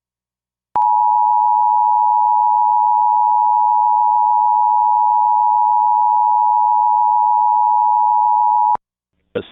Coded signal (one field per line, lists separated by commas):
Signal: Emergency Alert System (SAME) tones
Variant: 853 and 960 Hz attention tone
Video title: EAS #755-756: 2 EAS Required Monthly Tests- Apr. 5, 2023- 12:15AM PDT